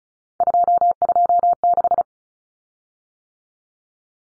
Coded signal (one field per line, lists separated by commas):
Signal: Morse code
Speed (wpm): 34 wpm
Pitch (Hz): 700 Hz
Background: none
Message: 226